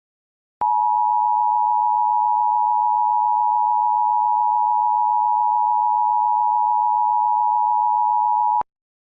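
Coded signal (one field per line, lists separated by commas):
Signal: Emergency Alert System (SAME) tones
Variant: 853 and 960 Hz attention tone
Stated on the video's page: Fictional EAS scenario, not a real alert.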